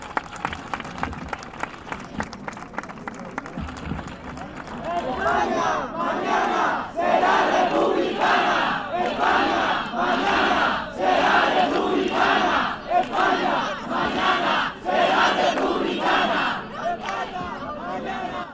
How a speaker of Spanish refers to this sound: Y os digo, un aplauso para todos y para Pilar Erguera desde Madrid. ¡Aplausos!